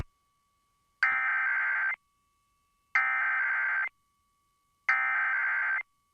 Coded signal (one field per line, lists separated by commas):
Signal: Emergency Alert System (SAME) tones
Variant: header bursts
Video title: [EAS #1520-#1522] Nebraska Monthly & KLLI Weekly Test